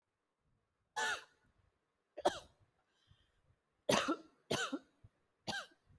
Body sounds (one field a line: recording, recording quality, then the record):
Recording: heavy voluntary cough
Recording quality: excellent, no background noise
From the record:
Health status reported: healthy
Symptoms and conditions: cough, breathing difficulty, sore throat, fever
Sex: female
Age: 38 years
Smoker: not ticked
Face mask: not worn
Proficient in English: yes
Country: India